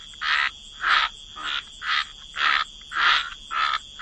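Frog chorus, harsh croaking bursts repeating about twice a second, fairly regular, over a thin steady high hum.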